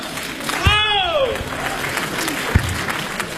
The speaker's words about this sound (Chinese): 非常感谢大家这么热情的掌声鼓励